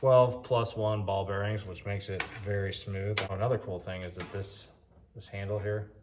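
Someone talks while handling the folding handle of a 3000-series-type spinning reel with 12+1 ball bearings, fitted to a Plusinno Eagle telescopic travel rod. The handle is being swung toward the reel body, but nothing has seated or clicked yet; it has not locked into place by the end.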